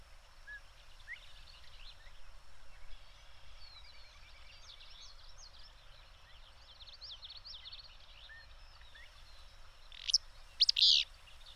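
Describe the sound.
Bird song: soft, scratchy twittering runs through most, then two sharp notes and a harsh buzz sound out loudly at the end.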